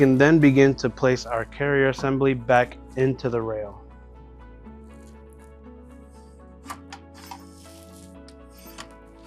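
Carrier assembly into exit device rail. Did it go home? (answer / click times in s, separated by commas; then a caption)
no / none. Someone talks, then over soft music a metal carrier assembly is guided back into the aluminium rail of a PE80 Series exit device during a hex dogging kit retrofit, checked so nothing snags. Faint sliding and light taps are heard at about 6.9, 7.3, 8.3 and 8.8 seconds. Nothing has seated or clicked yet.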